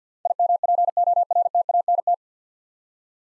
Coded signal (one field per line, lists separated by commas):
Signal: Morse code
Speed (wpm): 52 wpm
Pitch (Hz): 700 Hz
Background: none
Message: IMPORTANT